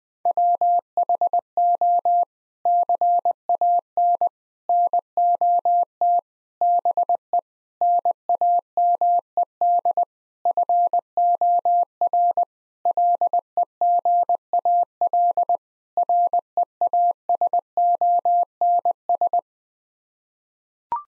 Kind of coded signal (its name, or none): Morse code